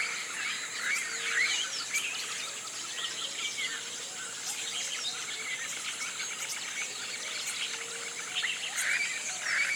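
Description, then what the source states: Birds in a dense chorus, many overlapping chirps and whistles throughout, over a steady high insect drone. Tropical rainforest at morning; flocks of birds rousing in the canopy.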